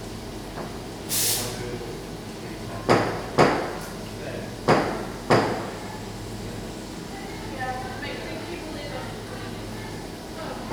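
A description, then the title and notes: A coffee shop on a rainy evening, with a steady low hiss and murmur beneath faint indoor chatter. A short bright whoosh comes near the start, then four sharp knocks or clatters between three and five and a half seconds, like a door or cupboard. Captured in a coffee shop on a dark evening, rain is falling outside.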